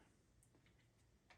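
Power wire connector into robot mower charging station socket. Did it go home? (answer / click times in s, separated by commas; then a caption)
no / none. The power wire's plug is handled at the charging station socket while installing a Luba 2 5000 AWD robot lawn mower. Light, scattered ticks sound over a steady low background hum, with a slightly stronger tick near 1.3 s. The plug is not yet pushed home, and nothing has seated or clicked yet.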